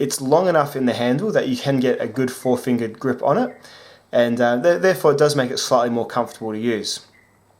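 Someone talks while handling an ESEE Izula fixed-blade neck knife and its molded sheath. The clip is mostly speech, with a short pause near 3.8 s and a faint sound at 7.6 s. The knife has not yet seated or clicked into the sheath.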